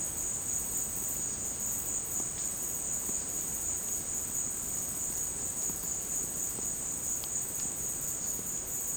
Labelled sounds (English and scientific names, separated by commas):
none